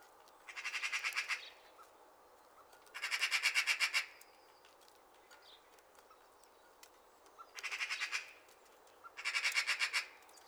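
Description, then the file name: Magpie calling with four harsh, rapid rattles in about ten seconds, each burst roughly a second long, the chattering notes strongly repeated; faint chirps between. "straget magpie freesound"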